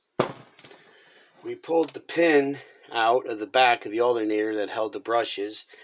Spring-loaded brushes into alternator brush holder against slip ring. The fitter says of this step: and you heard them snap in click click you're two clicks so that's against